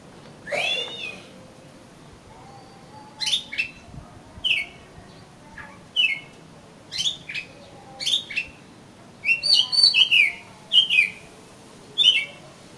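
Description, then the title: Oriental magpie-robin song of short sharp whistled notes and chirps repeated every second or so, with brief rapid clusters near the end. "Kacer Kacer"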